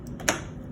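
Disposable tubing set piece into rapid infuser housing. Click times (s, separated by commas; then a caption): 0.3 s. A disposable plastic tubing-set piece is pulled down into its seat in a rapid infuser housing. Two faint ticks at about 0.1 and 0.2 s lead into one sharp, bright snap at 0.3 s, which then fades quickly. The piece is seated in place.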